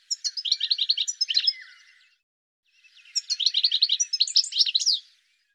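Bird giving two fast runs of high, sharp chirps, each about two seconds long, with a brief pause between them.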